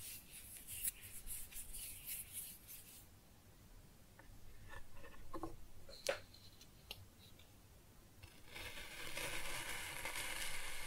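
Kinetic sand is cut and scooped with soft crumbly scraping, grainy hiss early and late, and a few sharp ticks around six seconds.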